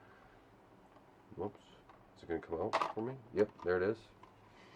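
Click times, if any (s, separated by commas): none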